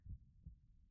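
Two soft, low thumps forming one lub-dub cycle: a calm, relaxed, normal adult woman's heartbeat heard with the ear placed against her chest.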